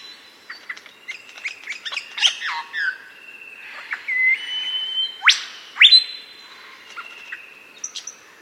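Superb lyrebird song: a varied run of sharp clicks and chirps, then long level whistles and steep sweeping notes, ending with short high tones.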